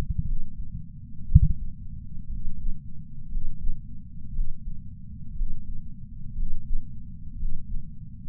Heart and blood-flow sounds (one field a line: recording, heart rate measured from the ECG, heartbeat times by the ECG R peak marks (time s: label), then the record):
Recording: heart sounds by patch sensor on the chest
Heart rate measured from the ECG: 59 bpm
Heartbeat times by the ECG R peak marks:
0.22 s: heartbeat
1.25 s: heartbeat
2.27 s: heartbeat
3.27 s: heartbeat
4.30 s: heartbeat
5.32 s: heartbeat
6.33 s: heartbeat
7.34 s: heartbeat
From the record:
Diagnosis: coronary artery disease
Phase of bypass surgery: postoperative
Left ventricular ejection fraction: 61.7%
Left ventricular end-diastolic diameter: 51 mm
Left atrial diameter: 37 mm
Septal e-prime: 6.5 cm/s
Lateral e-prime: 9.2 cm/s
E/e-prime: 11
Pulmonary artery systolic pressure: 22 mmHg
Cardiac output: 4.8 L/min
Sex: male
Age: 59 years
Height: 168 cm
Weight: 81 kg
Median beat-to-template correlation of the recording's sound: 0.85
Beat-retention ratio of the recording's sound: 1.00